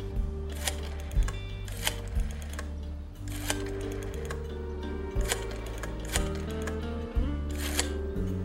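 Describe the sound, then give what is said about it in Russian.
A person picks up the receiver and dials a rotary telephone. The dial is turned and spun back several times, each return a whirring run of mechanical clicks over a low steady hum, with sharper ticks marking each release. “Берет трубку, крутит диск телефона.”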